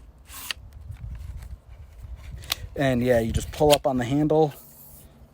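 Someone talks while handling an Ultimate Direction FK Ultra carbon folding trekking pole, pulling up on the handle so the sections tension together toward its small metal push-button latch. Light rubbing and a few short ticks are heard under the voice. Nothing has seated or clicked into the button yet.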